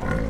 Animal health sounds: contact call of a hoofed animal; wild boar; grunt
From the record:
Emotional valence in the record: negative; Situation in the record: naturally occurring agonistic interactions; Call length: 0.30 s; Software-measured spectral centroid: 1380 Hz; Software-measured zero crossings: 930 a second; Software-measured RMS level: -24 dBFS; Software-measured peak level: -12 dBFS

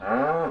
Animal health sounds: contact call of a hoofed animal; cattle; low-frequency (closed-mouth) or high-frequency (open-mouth) call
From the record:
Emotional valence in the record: negative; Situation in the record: full separation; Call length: 0.51 s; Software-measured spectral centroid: 960 Hz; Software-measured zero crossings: 1440 a second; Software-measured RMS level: -24 dBFS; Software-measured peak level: -12 dBFS

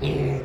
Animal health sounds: contact call of a hoofed animal; pig; closed-mouth grunt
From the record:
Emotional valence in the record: negative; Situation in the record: short social isolation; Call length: 0.46 s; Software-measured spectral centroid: 1590 Hz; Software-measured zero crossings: 1020 a second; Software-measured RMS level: -24 dBFS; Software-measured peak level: -13 dBFS

